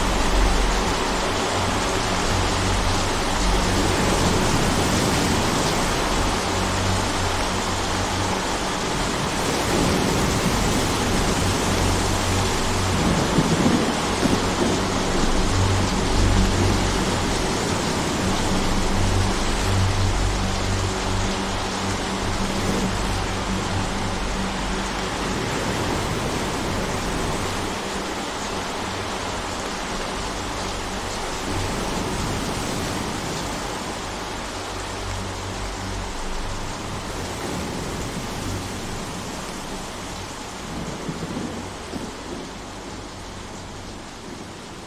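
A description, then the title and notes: Steady, dense rain hisses across the whole clip with low wind rumbling and surging beneath, gradually easing in loudness toward the end. Rain And Wind Sounds Are Music.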